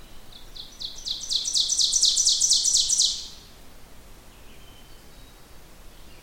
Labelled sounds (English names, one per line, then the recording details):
Ovenbird song
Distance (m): 15 m
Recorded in boreal forest in Alberta, Canada, on 16 June 2016 at 07:02
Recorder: SongMeter 3, array SBT-3-32
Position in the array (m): 163 m, 36 m
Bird 36